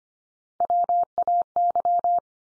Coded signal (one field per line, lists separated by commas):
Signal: Morse code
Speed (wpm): 25 wpm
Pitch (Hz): 700 Hz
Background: none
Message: WAY